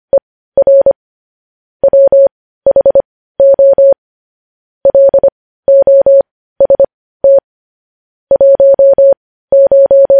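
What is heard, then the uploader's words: Morse code sounded as a clean, steady beep at one mid-high pitch, keyed on and off in short dots and longer dashes. The groups come in quick clusters separated by brief silences, with a crisp, dry sound and no background noise. Morse code transcription.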